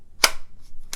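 A compact HK VP9SK pistol is pushed into a Phalanx Concealment Kydex holster, cut for a red dot, and the retention snaps over the trigger guard with a sharp, bright click at 0.2 s. A fainter, shorter snap follows at 0.9 s. The pistol is seated with a perfect fit.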